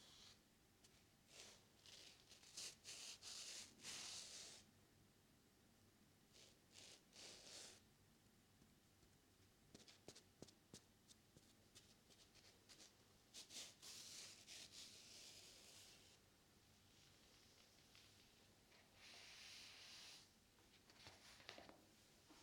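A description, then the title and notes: A soapy sponge scrubs and squishes in repeated bursts of bright, wet hissing, with strong passes around 2–4, 7, 14–15 and 19–20 seconds. Between them come quieter rubbing strokes and sharp little clicks, over a low, steady rumble. ASMR Binaural Sounds Water Soap Sponge.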